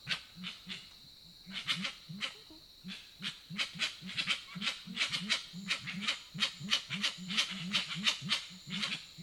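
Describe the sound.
Grey-winged trumpeter repeating deep, hollow hoots about three a second, accompanied by rapid crackling clicks and a steady high-frequency hiss.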